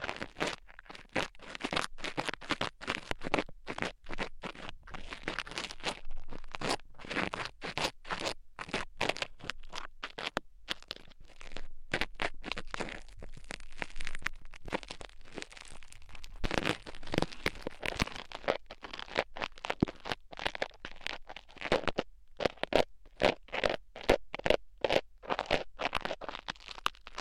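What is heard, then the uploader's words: Ear cleaning sounds: dense, rapid scratching and crackling scrapes, continuous throughout, growing sharper and louder toward the end. Penetrating ear cleaning.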